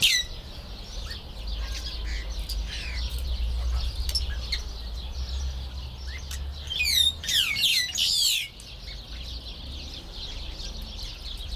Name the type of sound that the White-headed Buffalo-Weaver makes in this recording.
call